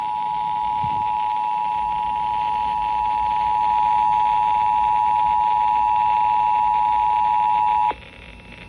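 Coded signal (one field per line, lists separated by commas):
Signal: Emergency Alert System (SAME) tones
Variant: 853 and 960 Hz attention tone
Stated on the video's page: National periodic test on an FM station that failed.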